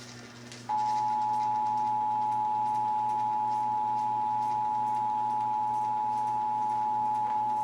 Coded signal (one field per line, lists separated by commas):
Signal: Emergency Alert System (SAME) tones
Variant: 853 and 960 Hz attention tone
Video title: (EAS #321-328) January 2023 Texas Required Monthly Test